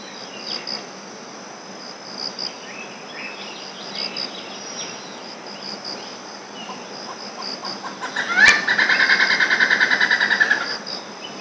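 Malabar grey hornbill bursting into a fast, harsh cackle of rapidly repeated notes near the end, after scattered short calls, with a constant high drone throughout.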